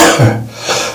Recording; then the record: coughing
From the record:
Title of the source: Cough Around the Clock!